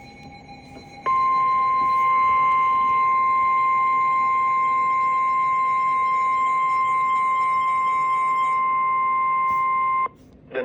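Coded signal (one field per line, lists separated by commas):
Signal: Emergency Alert System (SAME) tones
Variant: 1050 Hz attention tone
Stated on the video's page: Severe Thunderstorm Warning from NOAA Weather Radio station in Columbus, Ohio.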